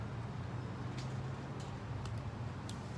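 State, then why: Seated. During a two-stroke 1997 KX 125 motorcycle engine rebuild, a small metal transmission or clutch-side part is pushed into the engine case over a steady low hum with a few faint ticks. A sharp click at 2.7 s marks the part seating in place.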